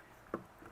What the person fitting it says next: I just heard that thing go click it was like oh that was cool